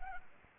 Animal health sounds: mosquito wingbeat signal from an infrared sensor; Anopheles arabiensis

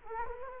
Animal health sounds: mosquito wingbeat signal from an infrared sensor; Culex quinquefasciatus

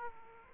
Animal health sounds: mosquito wingbeat signal from an infrared sensor; Aedes aegypti

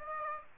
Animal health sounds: mosquito wingbeat signal from an infrared sensor; Aedes aegypti

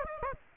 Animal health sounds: mosquito wingbeat signal from an infrared sensor; Aedes aegypti

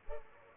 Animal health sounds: mosquito wingbeat signal from an infrared sensor; Culex pipiens

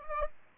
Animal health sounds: mosquito wingbeat signal from an infrared sensor; Aedes aegypti

